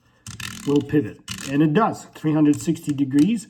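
A pivoting belt clip on a fixed-blade knife sheath is turned so that it clicks into its detent stop positions, with sharp clicks at 0.3 and 0.4 seconds. Someone talks over the sound while the clip turns 360 degrees.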